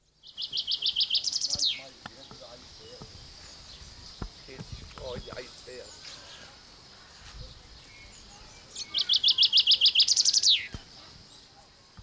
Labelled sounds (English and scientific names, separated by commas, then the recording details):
Common Chaffinch (Fringilla coelebs)
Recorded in captivity
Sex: male
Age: adult
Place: Zoo Berlin, Berlin, DE
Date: 1992-06-06 11:56
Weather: sonnig, 24-28° C
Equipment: Nagra SN, Mikrofon AKG CK 8, Kopie Tesla B 116
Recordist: Tembrock, Günter